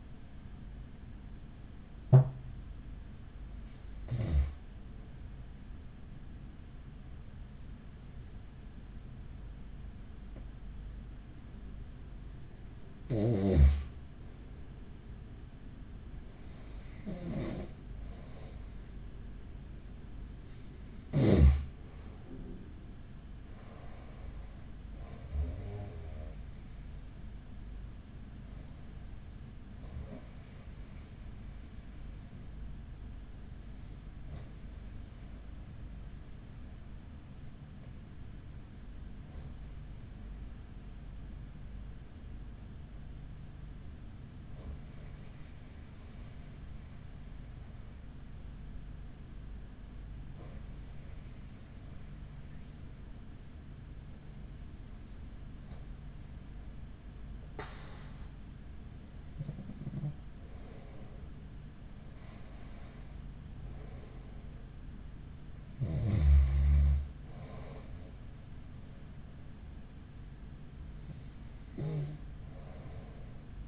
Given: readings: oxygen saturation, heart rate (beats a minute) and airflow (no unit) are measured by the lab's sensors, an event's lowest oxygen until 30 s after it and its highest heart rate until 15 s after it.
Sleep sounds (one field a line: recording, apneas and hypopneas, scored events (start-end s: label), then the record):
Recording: breathing in sleep by a smartphone at the bedside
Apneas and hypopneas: 1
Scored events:
22.00-52.00 s: new sleep stage, N2 (light sleep)
45.00-63.50 s: hypopnea (N2, oxygen 94% highest, then 92% lowest, heart rate 44 at the start, 54 highest)
52.00-73.68 s: new sleep stage, N1 (lightest sleep)
From the record:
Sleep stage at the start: N1 (lightest sleep)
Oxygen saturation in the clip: 92 to 94%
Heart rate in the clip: 43 to 54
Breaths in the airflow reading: 17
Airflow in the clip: -6.7 to 6.7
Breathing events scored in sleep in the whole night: 207 in 7.6 hours asleep